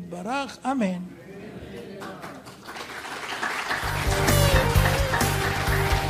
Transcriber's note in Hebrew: מחיאות כפיים